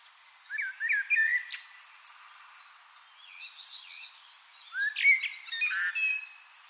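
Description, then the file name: Common blackbird song: two phrases of warbled, whistled notes with thin high twitters, separated by a quieter stretch with faint chirps. "Turdus merula"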